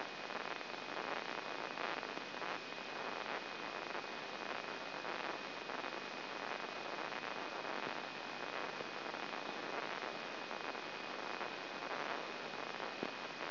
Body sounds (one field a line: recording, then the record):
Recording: brain microelectrode recording played as sound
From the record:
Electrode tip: inside the subthalamic nucleus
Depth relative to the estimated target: 1.5 mm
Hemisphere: left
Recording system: AlphaMap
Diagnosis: Parkinson's disease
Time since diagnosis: 12 years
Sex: female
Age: 47 years